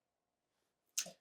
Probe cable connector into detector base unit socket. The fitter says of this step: the column probe cable connector to the probe connector on the base unit inserting the cable connector until you hear an audible click